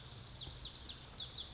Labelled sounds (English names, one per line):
Lazuli Bunting